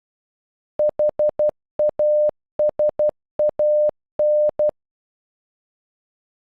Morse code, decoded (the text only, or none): HASAN